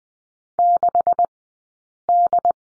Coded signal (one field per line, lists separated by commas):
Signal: Morse code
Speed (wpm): 20 wpm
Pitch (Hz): 690 Hz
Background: none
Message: 6D